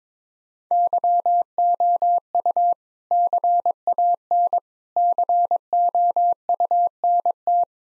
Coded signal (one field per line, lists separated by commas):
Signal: Morse code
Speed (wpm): 22 wpm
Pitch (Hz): 700 Hz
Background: none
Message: YOU CAN COUNT